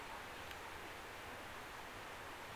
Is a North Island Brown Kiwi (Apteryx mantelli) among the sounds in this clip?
no